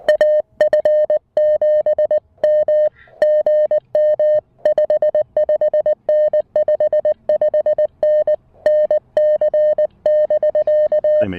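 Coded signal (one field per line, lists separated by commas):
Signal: Morse code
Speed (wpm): 20 wpm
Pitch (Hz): 610 Hz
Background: music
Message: AF7M GM 55N 55N NC <BK>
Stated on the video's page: Morse sent in straight key mode on a Mountain Topper MTR-4B with an Emtech ZM-2 manual tuner and 9:1 random wire, during a park activation on 20, 30 and 40 meters.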